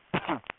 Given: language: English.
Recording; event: throat vibration sensor signal played as sound; cough